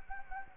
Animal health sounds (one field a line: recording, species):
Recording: mosquito wingbeat signal from an infrared sensor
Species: Anopheles gambiae